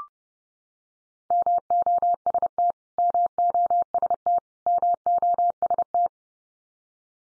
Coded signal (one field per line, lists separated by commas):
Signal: Morse code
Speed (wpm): 30 wpm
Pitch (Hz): 700 Hz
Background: none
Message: MOST MOST MOST